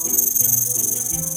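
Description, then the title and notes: Snake rattle, a rapid pulsing high-pitched buzz held steadily throughout, over soft low musical tones. Rattle sound effect in a children's riddle about a long, sinuous snake that sometimes plays rattles. "el cascabeleo de la serpiente"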